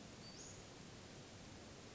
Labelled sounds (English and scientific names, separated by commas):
Western Flycatcher (Empidonax difficilis)